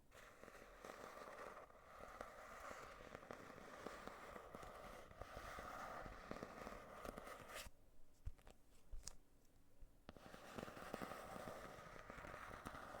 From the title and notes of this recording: ASMR scratching on various items for deep relaxation 3.